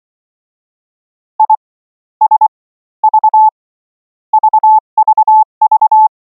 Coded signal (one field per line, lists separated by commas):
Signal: Morse code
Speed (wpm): 24 wpm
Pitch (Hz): 870 Hz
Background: none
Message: I S V VVV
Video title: The AD5DZ Linux iambic & straight key - software CW KEYER - setup & demo